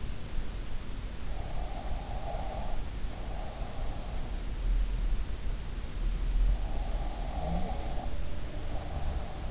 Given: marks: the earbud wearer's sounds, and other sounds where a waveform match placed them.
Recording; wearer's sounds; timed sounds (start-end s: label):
sounds in sleep by an in-ear microphone; breath
1.50-4.12 s: breath
6.73-9.51 s: breath